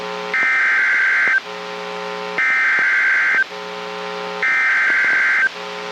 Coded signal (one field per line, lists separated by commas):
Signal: Emergency Alert System (SAME) tones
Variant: header bursts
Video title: NOAA Weather Radio · WWH23 Buchanan, Georgia · EAS #16 · Severe Thunderstorm Warning · 02/16/25